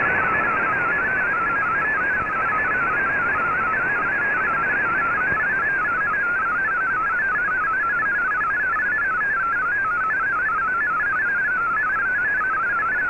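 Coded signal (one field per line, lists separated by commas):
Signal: multi-tone FSK (Olivia or MFSK type)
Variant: MFSK32 or MFSK64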